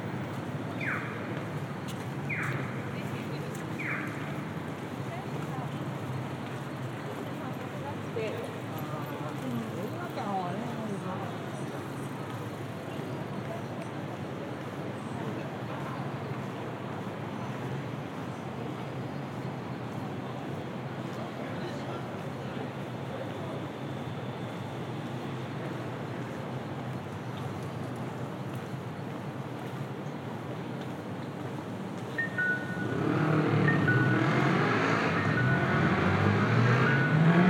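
A city walk: steady street noise with faint voices and short tonal sounds early on, then a louder, busier burst of activity from about 33 seconds.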